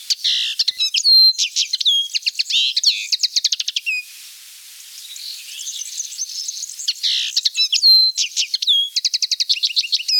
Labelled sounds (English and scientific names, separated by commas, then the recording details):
Common Linnet (Linaria cannabina) song
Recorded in the wild
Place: Félines/Ardèche, FR
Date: 1991-05-08
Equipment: Dat-Recorder Casio DA 7, Telinga M2, stereo, Telinga-Parabolspiegel
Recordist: Schwarz, Dieter
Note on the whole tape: Song